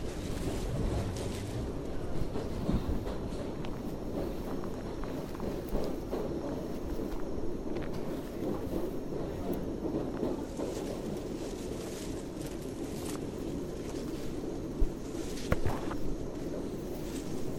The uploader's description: Hike in Tambopata Reserve rainforest, Peru